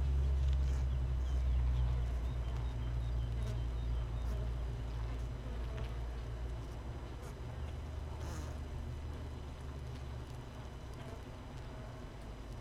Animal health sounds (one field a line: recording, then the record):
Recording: honeybee colony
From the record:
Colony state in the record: missing queen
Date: 31 May 2018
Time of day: 6:05